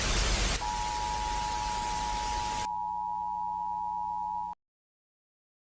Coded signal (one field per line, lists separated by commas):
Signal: Emergency Alert System (SAME) tones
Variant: 853 and 960 Hz attention tone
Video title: #PrayAlbert Albertland EAS Scenario - The Depression War